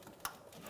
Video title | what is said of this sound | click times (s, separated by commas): How to Replace Bumper Impact Absorber 2007-2017 Ford Expedition | push until you hear a click | 0.2 s